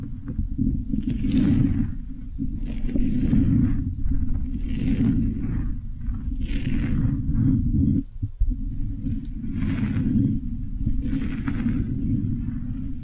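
Brushing fills the clip as a thick, steady low rumble with no gaps. Softer, brighter swishes rise out of it every second or two as strokes pass, and the sound thins briefly around the eight-second mark before carrying on as before.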